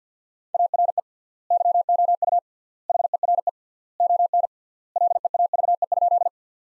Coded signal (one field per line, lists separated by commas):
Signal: Morse code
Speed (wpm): 50 wpm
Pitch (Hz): 700 Hz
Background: none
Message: ARE YOU HERE ON LEAVE?